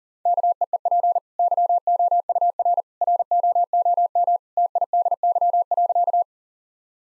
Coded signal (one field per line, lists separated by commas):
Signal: Morse code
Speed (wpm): 40 wpm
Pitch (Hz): 700 Hz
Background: none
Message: KEEP YOUR ROOM TIDY.